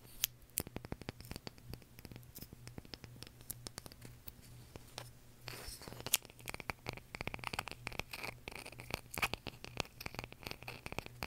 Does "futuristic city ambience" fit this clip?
no